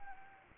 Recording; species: mosquito wingbeat signal from an infrared sensor; Anopheles gambiae